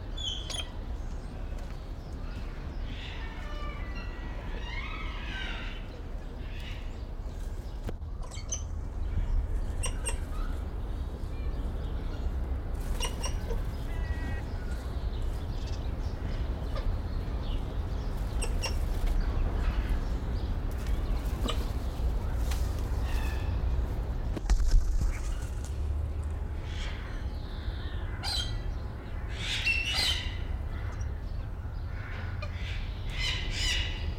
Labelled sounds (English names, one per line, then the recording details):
Blue-winged Macaw call
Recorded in captivity
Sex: pair
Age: adult
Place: Zoo Berlin, Berlin, DE
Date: 1995-02-04 10:58
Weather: overcast, 4°C, wind
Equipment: Marantz CP 430, Sennheiser ME 80, Kopie Uher Variocord 263
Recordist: Tembrock, Günter